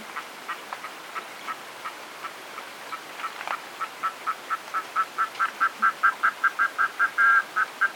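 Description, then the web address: Red-throated loon giving a series of short nasal, quacking notes that start sparse and quiet, then grow louder into a steady, regular cackle. "Strolaga minore"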